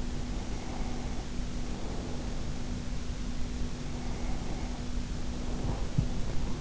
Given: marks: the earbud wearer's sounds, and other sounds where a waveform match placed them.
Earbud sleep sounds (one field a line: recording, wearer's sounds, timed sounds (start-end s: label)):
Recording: sounds in sleep by an in-ear microphone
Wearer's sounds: breath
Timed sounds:
0.07-2.67 s: breath
3.67-6.61 s: breath